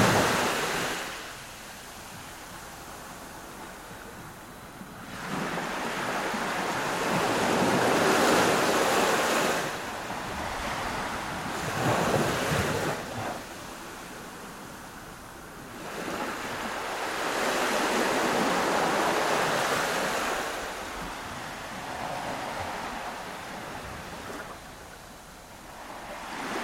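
Calm ocean waves roll onto a sandy beach, each one swelling into a soft, hissing wash and then drawing back. The surges arrive about every five seconds, around 5, 10, 16 and 21 seconds, with a steady low sea murmur between them.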